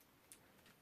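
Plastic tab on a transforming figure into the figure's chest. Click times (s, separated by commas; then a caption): 0.3 s. A small plastic tab on a transforming robot figure is pushed forward into the figure's chest until it latches. A faint, short click is heard at 0.3 s over a low background hiss, with a softer rustle near 0.7 s. The tab seats into the chest.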